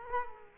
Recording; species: mosquito wingbeat signal from an infrared sensor; Culex quinquefasciatus